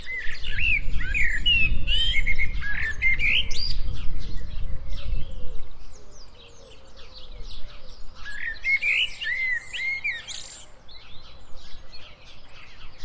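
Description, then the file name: Common blackbird singing fluty, warbling phrases in two bursts, early and late, with low rumbling background noise during the first half. "Turdus merula"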